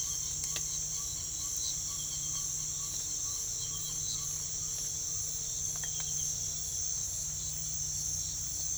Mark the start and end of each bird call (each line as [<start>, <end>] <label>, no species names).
[0.00, 4.39] bird call